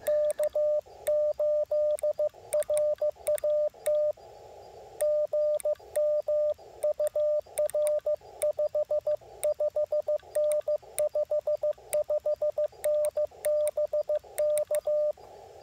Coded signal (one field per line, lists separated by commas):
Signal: Morse code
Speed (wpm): 15 wpm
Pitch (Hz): 600 Hz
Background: radio noise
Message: K8RAT GM UR 55N 55N BK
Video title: Icom IC-705 operating CW for Parks On The Air (South Mountains Game Land)